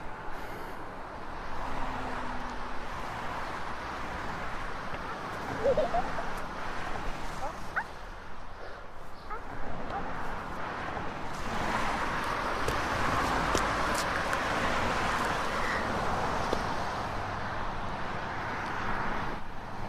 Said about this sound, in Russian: Трасса, по которой едут машины.